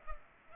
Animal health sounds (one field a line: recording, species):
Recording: mosquito wingbeat signal from an infrared sensor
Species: Culex pipiens